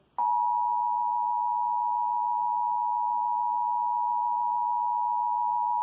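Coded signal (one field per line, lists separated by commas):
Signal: Emergency Alert System (SAME) tones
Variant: 853 and 960 Hz attention tone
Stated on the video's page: Required Monthly Test received over Comcast cable.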